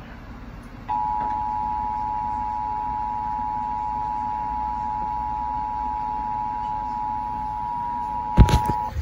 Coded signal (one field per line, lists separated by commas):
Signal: Emergency Alert System (SAME) tones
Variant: 853 and 960 Hz attention tone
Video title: FFW (REAL EAS#3127)